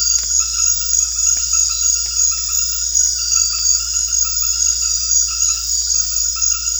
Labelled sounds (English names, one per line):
none